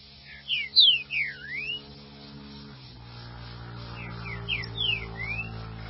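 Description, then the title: Green-winged saltator singing a burst of descending and upswept whistles, then a quieter second phrase, against a constant buzzing hum. "Trinca Ferro"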